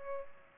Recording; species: mosquito wingbeat signal from an infrared sensor; Culex pipiens